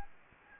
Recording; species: mosquito wingbeat signal from an infrared sensor; Anopheles gambiae